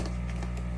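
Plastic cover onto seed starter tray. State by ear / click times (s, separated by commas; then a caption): not seated / none. A clear plastic cover is set onto a peat-pellet seed starter tray and just rests on top. Only faint, light contact taps are heard, near 0.1, 0.3 and 0.4 seconds, over a steady low hum. The cover has not snapped or clicked into place.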